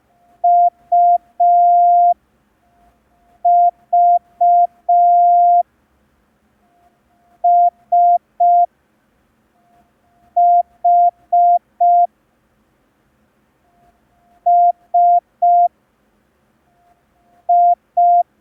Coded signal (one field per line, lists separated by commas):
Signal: Morse code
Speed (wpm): 5 wpm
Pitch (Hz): 700 Hz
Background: none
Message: U V S H S I